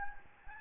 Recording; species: mosquito wingbeat signal from an infrared sensor; Aedes albopictus